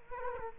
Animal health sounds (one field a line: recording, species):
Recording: mosquito wingbeat signal from an infrared sensor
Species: Culex quinquefasciatus